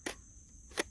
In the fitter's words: i really like this this battery holder because it locks in you hear it click when it locks in